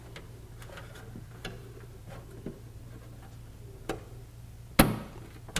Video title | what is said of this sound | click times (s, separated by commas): AprilAire 768MAINTKIT Maintenance Kit Installation | snaps right in | 4.8 s